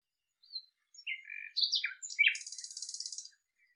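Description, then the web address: Common nightingale song: a quieter phrase of varied whistled and slurred notes, closing in a high, buzzy, rapidly pulsed rattle. "cianscape birddata Deverinetal 2025 Bird Lu Me Lu Me"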